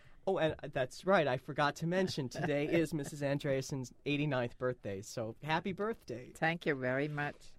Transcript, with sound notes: Oh, that's right. I forgot to mention. (laughs) Today is Mrs. Andreasen's eighty- ninth birthday. So, happy birthday.
Thank you very much.